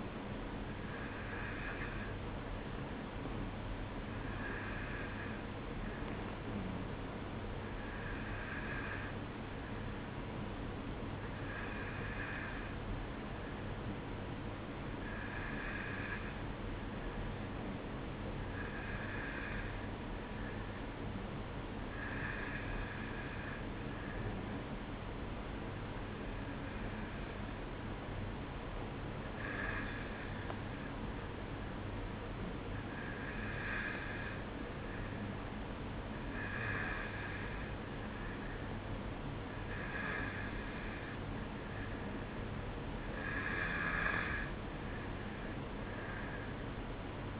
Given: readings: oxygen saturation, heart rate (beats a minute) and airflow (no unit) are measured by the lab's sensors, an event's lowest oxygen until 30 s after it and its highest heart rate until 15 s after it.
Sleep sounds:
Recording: breathing in sleep by a voice recorder at the bedside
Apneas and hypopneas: none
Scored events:
46.00-47.40 s: new sleep stage, N1 (lightest sleep)
From the record:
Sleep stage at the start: N2 (light sleep)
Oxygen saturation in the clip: 91 to 93%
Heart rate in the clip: 53 to 59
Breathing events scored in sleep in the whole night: 305 in 9.6 hours asleep

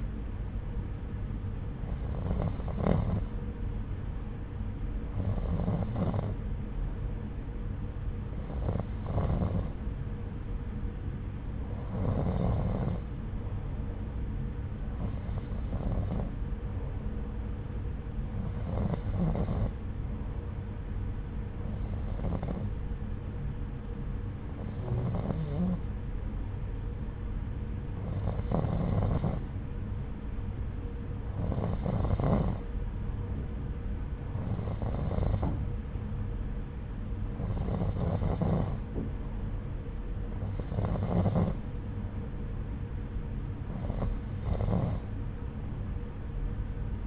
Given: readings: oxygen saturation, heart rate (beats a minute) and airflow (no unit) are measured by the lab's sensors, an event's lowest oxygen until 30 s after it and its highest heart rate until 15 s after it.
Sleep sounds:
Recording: breathing in sleep by a smartphone at the bedside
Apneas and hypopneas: none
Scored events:
none scored
From the record:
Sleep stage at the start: N2 (light sleep)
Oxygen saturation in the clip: 90 to 91%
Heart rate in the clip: 67 to 81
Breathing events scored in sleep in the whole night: 303 in 8.1 hours asleep

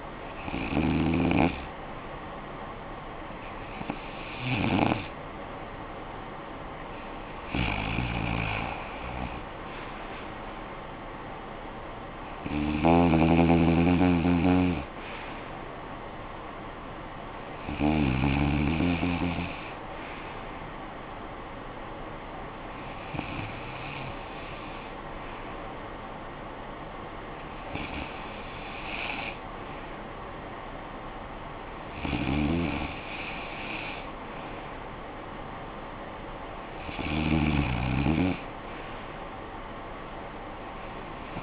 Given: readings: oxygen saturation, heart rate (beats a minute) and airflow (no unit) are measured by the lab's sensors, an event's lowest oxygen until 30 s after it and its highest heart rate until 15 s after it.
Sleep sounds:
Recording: breathing in sleep by a voice recorder at the bedside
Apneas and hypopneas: none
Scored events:
none scored
From the record:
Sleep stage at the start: REM sleep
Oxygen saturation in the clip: 94 to 95%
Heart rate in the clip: 56 to 59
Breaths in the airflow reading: 9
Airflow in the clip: -13.2 to 8.3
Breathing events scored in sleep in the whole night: 445 in 7.6 hours asleep

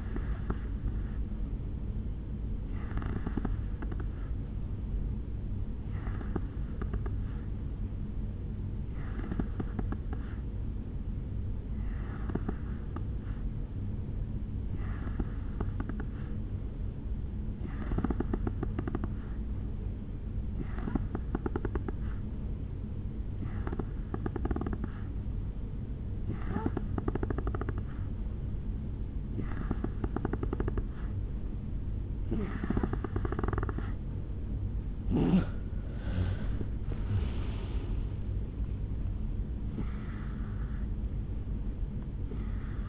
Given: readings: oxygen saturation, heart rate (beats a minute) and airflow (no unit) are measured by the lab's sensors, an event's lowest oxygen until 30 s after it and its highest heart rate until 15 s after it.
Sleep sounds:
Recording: breathing in sleep by a smartphone at the bedside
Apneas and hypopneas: 1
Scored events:
6.00-30.60 s: hypopnea (N2, oxygen 91% highest, then 87% lowest, heart rate 70 at the start, 76 highest)
8.00-38.00 s: new sleep stage, N3 (deep sleep)
38.00-42.89 s: new sleep stage, N2 (light sleep)
From the record:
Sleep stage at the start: N2 (light sleep)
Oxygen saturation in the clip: 88 to 91%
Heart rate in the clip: 69 to 76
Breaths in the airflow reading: 13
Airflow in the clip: -10.9 to 5.3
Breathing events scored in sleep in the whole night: 449 in 7.0 hours asleep

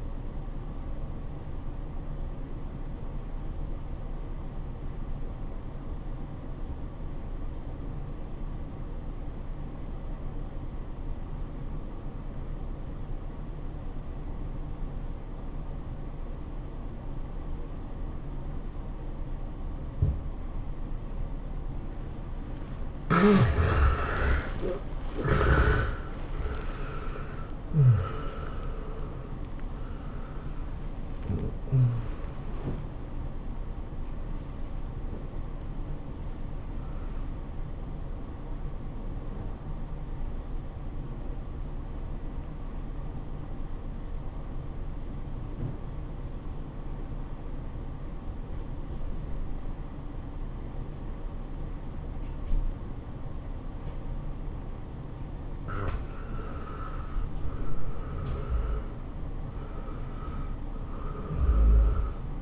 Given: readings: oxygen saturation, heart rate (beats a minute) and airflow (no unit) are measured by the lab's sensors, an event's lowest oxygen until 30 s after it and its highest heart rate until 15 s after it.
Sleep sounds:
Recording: breathing in sleep by a smartphone at the bedside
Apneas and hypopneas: 2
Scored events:
8.00-23.60 s: obstructive apnea (N1, oxygen 98% highest, then 76% lowest, heart rate 98 at the start, 104 highest)
37.00-54.60 s: hypopnea (N1, oxygen 97% highest, then 83% lowest, heart rate 103 at the start, 103 highest)
From the record:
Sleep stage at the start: N1 (lightest sleep)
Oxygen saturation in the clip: 76 to 98%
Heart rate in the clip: 78 to 104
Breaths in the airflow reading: 6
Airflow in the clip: -14.7 to 13.9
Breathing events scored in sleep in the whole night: 403 in 5.5 hours asleep

